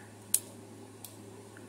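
The cheetah head of a 2021 reissue Transformers Beast Wars Cheetor plastic transforming figure is rotated until a small tab on it drops into a tiny slot on the figure's body. A sharp, bright click at 0.3 s marks the tab seating, followed by two much fainter ticks at 1.0 s and 1.6 s over a steady low hum. The head tab is confirmed seated in its slot.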